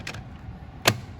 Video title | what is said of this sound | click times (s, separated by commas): Lenovo TIO Monitor Assembly | snaps in place | 0.1 s, 0.9 s